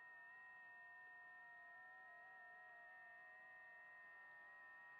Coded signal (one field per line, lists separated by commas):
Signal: FT8